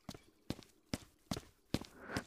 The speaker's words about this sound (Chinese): 东宫元水阁，帝承恩端坐在桌前临摹佛经，听到脚步声，见侍女心雨走进来，神情有些急切。